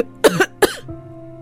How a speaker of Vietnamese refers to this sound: đột nhiên ho ra máu rồi ngã vật xuống đất.